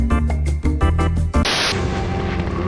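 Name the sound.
gunshot sound effect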